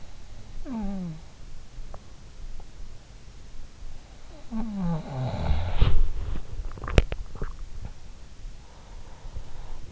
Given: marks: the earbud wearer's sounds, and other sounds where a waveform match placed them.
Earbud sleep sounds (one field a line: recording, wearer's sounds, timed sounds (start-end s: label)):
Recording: sounds in sleep by an in-ear microphone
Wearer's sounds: snoring breath, body movement, swallowing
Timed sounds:
0.00-1.94 s: snoring breath
4.17-6.00 s: snoring breath
5.72-7.94 s: body movement
6.63-7.40 s: swallowing